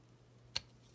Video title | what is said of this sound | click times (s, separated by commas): The Daily Review 259: Transformers Prime Wars Trilogy Combiner Wars Blast Off | that that that click into place in it and it makes it tight on both ends see | 0.6 s